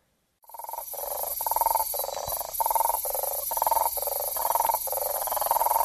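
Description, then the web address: South American common toad giving a run of rapid pulsed, rattling bursts roughly every half second, with a constant high-pitched insect drone behind. Ecuadorian Amazon, Ecuador; form labelled sp 2. "Frogs of Ecuadorian Amazon Bufo typhonius"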